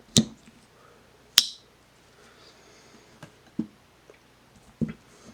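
A sheepsfoot blade on a walnut-handled slip joint pocket knife is opened and closed, and its backspring snaps the blade into position with two sharp snaps at 0.2 s and 1.4 s. Several fainter clicks follow between about 3.2 s and 4.8 s, and the blade seats firmly with a great snap.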